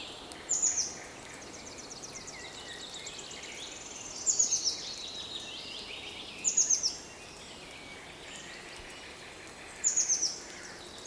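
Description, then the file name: Eurasian blue tit giving brief clusters of thin, very high, falling notes, four bursts spaced a few seconds apart, with soft background noise between. "Cyanistes caeruleus"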